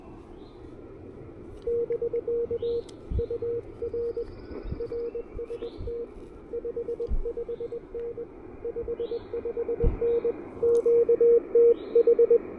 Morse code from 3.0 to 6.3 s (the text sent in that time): UR RST